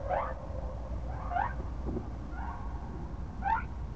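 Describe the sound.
Whale calls: four brief, rising, harmonic whoops about a second apart, muffled by a deep, steady background rumble.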